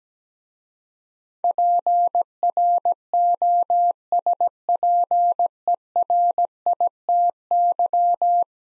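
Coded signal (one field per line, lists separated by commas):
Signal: Morse code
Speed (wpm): 17 wpm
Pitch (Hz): 700 Hz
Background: none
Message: PROSPERITY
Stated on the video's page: Morse practice of 10-letter words at 17 wpm, each word sent twice in Morse around spoken prompts.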